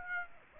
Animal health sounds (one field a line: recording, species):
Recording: mosquito wingbeat signal from an infrared sensor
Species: Aedes aegypti